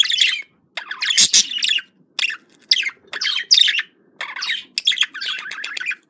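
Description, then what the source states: Budgerigar chatter of loud harsh chirps and warbled squeaks in uneven bursts, with a faint low murmur beneath. Described as a love sound.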